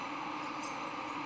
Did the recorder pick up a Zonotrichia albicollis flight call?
no